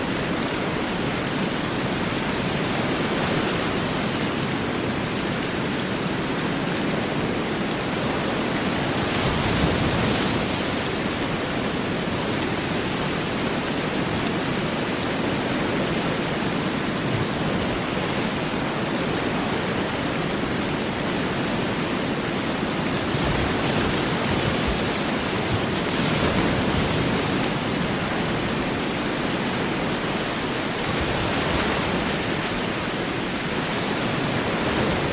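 Heavy rain pours in a dense, steady hiss that fills the whole range from low rumble to bright top, with a deep roar of ocean waves underneath. Slight swells in loudness rise and fall every few seconds, but the wash never breaks.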